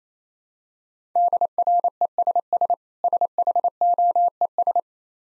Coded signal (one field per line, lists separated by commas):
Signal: Morse code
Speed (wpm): 28 wpm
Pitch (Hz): 700 Hz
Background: none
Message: DRESS SHOES